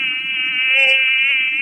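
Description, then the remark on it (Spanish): A steady, high-pitched whine of mosquito buzzing drones without a break over a phone line from the Botanical Garden of Montevideo, loud and even, with a faint low rumble flickering underneath. “Escuchamos zumbidos.”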